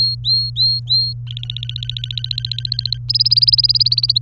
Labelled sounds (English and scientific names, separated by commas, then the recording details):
Domestic Canary (Serinus canaria) song
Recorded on 23 April 2018 at 15:18
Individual llb3